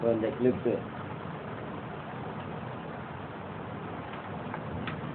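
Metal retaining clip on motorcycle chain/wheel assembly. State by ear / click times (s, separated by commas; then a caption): seated / 4.5 s, 4.9 s. A metal retaining clip is fitted onto the chain and wheel assembly of a Bajaj NS 200 motorcycle while someone talks at the start over a steady low background noise. Two short sharp clicks are heard at 4.5 s and 4.9 s as the clip snaps and locks into place, seated.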